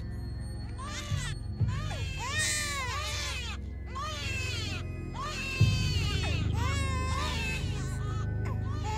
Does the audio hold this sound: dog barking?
no